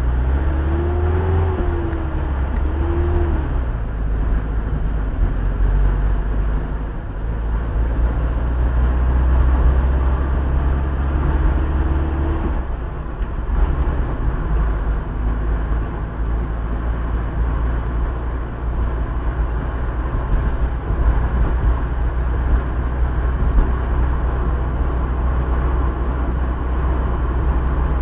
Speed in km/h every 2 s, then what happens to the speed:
13, 18, 24, 30, 34, 39, 41, 42, 44, 46, 49, 49, 50, 51.
0-28 speeds up to 51.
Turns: none.